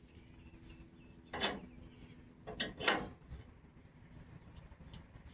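A bolt is driven with a ratchet into a threaded hole in an old steel truck frame, with ratchet clicks and a sharp crack at 1.3 s followed by more grinding clicks. The thread gives way and strips, because the bolt is the wrong thread size.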